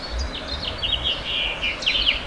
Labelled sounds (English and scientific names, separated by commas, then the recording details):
House Finch (Haemorhous mexicanus) song
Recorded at Babylon on Long Island, New York, on 18 May 2013
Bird A